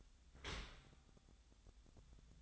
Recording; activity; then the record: daily activity, microphone in the room; open dishwasher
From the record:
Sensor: 3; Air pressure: 1004.7 hPa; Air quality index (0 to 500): 108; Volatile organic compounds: 4 ppm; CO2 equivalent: 1694 ppm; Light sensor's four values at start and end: 7/17/7/6 and 7/17/7/6